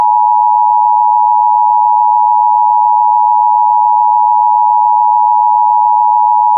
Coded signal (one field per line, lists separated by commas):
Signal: Emergency Alert System (SAME) tones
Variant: 853 and 960 Hz attention tone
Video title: EAS Catches #4-5: (EAS) Required Weekly Tests from yesterday and today